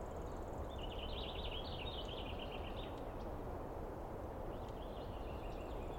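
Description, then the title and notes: Douglas squirrel chattering in rapid, buzzy, trilled bursts, a long run followed by a shorter one, over steady low rumbling background noise. Douglas squirrel screaming and calling persistently for a long time at dawn, morning of 21 April 2017, East Cascades; identified by its sound. "screaming Douglas Pine Squirrel"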